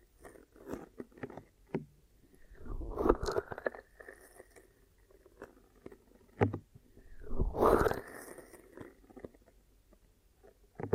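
Glue ear massage and cleaning, with soft rubbing and sharp clicks, and two longer squelching sweeps near three and eight seconds.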